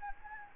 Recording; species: mosquito wingbeat signal from an infrared sensor; Anopheles gambiae